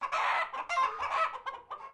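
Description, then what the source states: Chickens squawking in harsh, raspy bursts, longer and louder at first, then shorter squawks toward the end. Japanese chickens, squawking.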